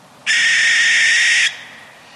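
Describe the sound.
Barn owl giving a single long, harsh, hissing screech of just over a second, steady in pitch and loudness, with nothing else heard.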